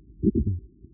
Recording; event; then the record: neck accelerometer signal played as sound; voluntary cough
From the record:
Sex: male